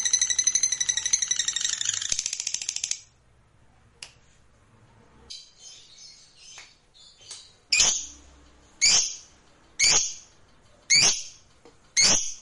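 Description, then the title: Lovebird in a fast, high trill for about three seconds, a quiet pause with soft notes, then loud harsh chirps repeated roughly every second. Fighter lovebird giving a long ngekek trill. "Suara Lovebird FIGHTER NGEKEK PANJANG"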